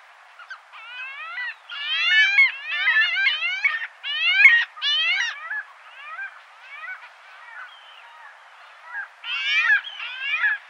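Parasitic jaeger giving bursts of rising and falling nasal wailing calls, harmonic and repeated in uneven groups, quieter stretches between louder bouts.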